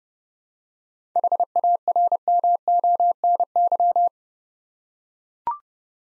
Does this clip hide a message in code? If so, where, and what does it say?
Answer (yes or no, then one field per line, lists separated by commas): yes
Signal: Morse code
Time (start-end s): 1.2-4.1 s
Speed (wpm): 29 wpm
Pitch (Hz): 700 Hz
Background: none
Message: HARMONY